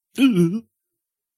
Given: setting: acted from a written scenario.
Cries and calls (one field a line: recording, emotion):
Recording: vocal sound without words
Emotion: negative surprise